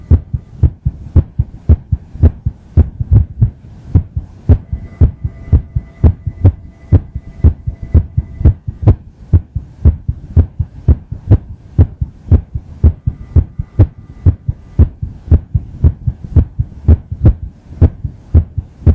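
Irregular heartbeat: rapid, uneven low-pitched thumping beats at about 115 per minute.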